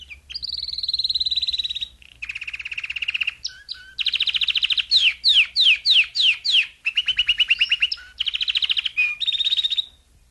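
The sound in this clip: Domestic canary song with long rolling trills, a series of slurred downward notes, and steady buzzy tours at varied pitches.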